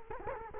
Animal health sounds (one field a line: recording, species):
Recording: mosquito wingbeat signal from an infrared sensor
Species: Culex quinquefasciatus